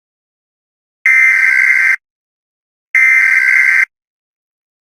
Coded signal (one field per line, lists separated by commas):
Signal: Emergency Alert System (SAME) tones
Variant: header bursts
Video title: EAS Scenario:SCP-001